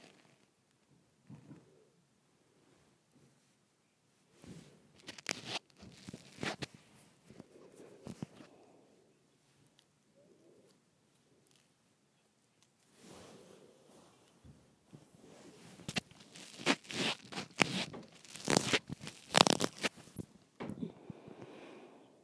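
Handling noise from a microphone being twisted: bursts of scraping, creaking and crunching rub against near silence. Activity starts sparse, thickens around five to eight seconds, pauses, then returns louder and denser from about fifteen seconds, with sharp bright scrapes near the end.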